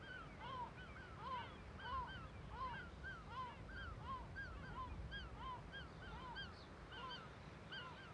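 Gull alarm calls from a colony, many arched yelping notes overlapping continuously, mid-pitched and fairly even, over a strong low rumble.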